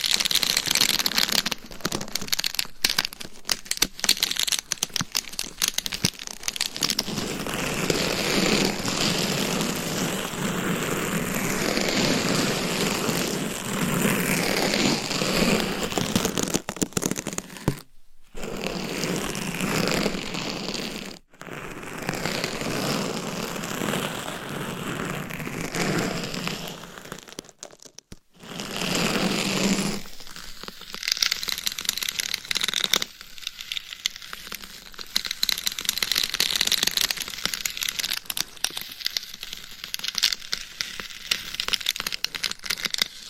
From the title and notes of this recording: ASMR Binaural Mic Scratching & Tapping with Different Gloves & Nails for 100% SLEEP - No Talking.